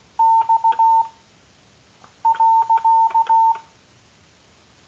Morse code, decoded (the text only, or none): X .